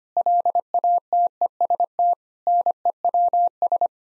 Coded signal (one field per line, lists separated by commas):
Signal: Morse code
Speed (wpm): 25 wpm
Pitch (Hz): 700 Hz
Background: none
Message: LATEST NEWS